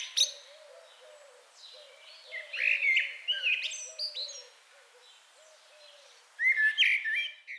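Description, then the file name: Common blackbird delivering fluted, warbled phrases with scratchy high flourishes, against a hissy background and soft low hooting notes. "Turdus merula"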